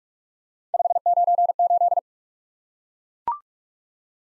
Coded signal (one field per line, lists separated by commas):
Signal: Morse code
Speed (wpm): 44 wpm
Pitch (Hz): 700 Hz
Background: none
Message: 598